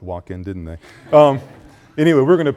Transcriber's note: students laugh